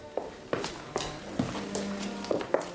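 Footsteps of people walking at an even, unhurried pace, about eight crisp, moderately loud steps in a steady rhythm, with a faint low hum running underneath.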